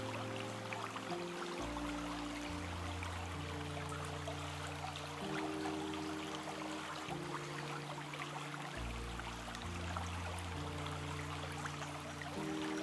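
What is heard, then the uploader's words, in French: A river flows gently and steadily, its fine, bright trickling and splashing filling the whole clip. Beneath it, calm orchestral music moves through slow, sustained low chords that shift every couple of seconds, with soft higher notes held above. Le doux son d'une rivière s'écoulant et une musique calmement orchestrée.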